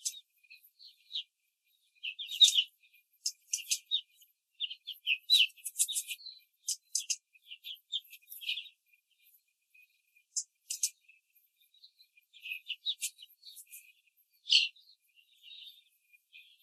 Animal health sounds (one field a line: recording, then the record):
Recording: young laying hens in a cage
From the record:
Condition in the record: control cage, before the stress test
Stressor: none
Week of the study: 4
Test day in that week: 1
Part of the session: 1